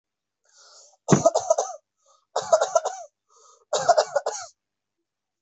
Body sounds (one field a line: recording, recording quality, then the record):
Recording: shallow voluntary cough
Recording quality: excellent, no background noise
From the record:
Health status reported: healthy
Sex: male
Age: 27 years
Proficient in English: yes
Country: India